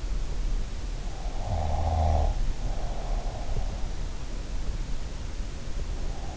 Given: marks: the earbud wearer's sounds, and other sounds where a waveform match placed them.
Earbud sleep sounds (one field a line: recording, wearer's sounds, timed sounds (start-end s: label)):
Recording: sounds in sleep by an in-ear microphone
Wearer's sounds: snoring breath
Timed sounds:
1.48-3.35 s: snoring breath